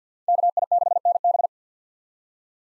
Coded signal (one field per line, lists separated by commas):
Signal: Morse code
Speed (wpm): 48 wpm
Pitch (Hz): 700 Hz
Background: none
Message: KI6NB